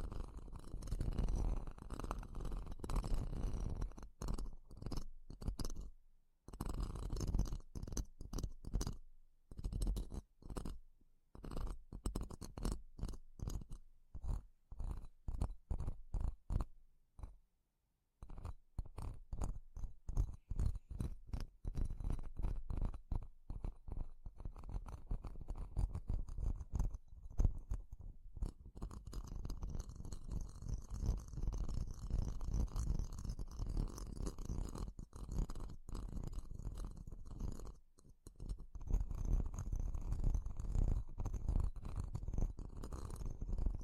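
A microphone is grabbed slowly, producing dense, low, rumbling handling noise full of rapid scratchy clicks and rubbing. The scraping comes in uneven bursts, broken by brief silences around 6, 17 and 38 seconds, and grows more continuous and hissy after about 28 seconds.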